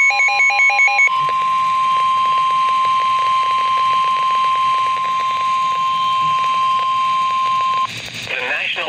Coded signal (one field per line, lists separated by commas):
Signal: Emergency Alert System (SAME) tones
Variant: 1050 Hz attention tone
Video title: EAS: Severe Thunderstorm Warning (6/3/20)(EAS #364)